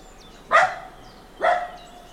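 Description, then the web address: Dog lets out two loud barks about a second apart against a calm, quiet backdrop. Dog barking in a small farmyard with a traffic-free background. "Hollywood Edge Historical Series Traffic Free BG's Small Farmyard Dog Barking"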